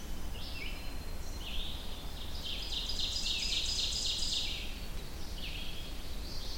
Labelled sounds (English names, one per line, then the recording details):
Ovenbird song
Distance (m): 40 m
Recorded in boreal forest in Alberta, Canada, on 25 June 2016 at 06:05
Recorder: SongMeter 3, array SBT-6-76
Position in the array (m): 23 m, 113 m
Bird 2